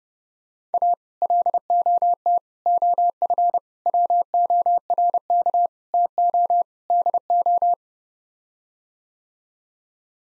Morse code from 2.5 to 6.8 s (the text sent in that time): OF WORK TO